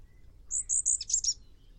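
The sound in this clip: Bird call: three brief, high whistled notes in even succession, followed by a quick jumble of scratchy high notes.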